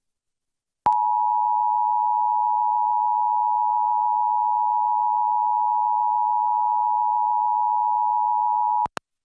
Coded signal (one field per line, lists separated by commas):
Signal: Emergency Alert System (SAME) tones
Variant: 853 and 960 Hz attention tone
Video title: LA Required Monthly Test (EAS #1301-1310) 9/26/23